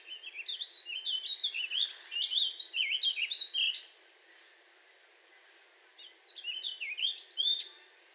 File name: Warbling Vireo 2 minutes of singing